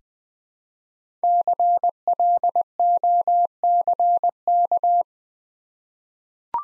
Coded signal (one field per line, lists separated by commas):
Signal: Morse code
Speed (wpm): 20 wpm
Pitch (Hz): 700 Hz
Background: none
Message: CLOCK